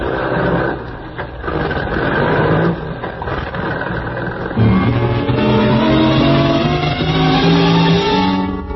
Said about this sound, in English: You swing the truck around the loading platform where you agreed to meet the Baron.